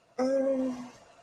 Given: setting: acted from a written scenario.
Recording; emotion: vocal sound without words; embarrassment